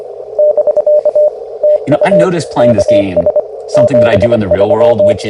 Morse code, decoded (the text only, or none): <BK> TU KS 73